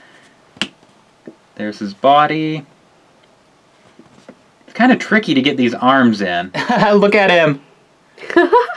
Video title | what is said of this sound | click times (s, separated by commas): The Most Requested BLIND BAGS Are BACK!! FNAF Gift Ems, Teen Titans, Spacepop, & MORE! | So, his head goes in there, snaps right in. | 0.6 s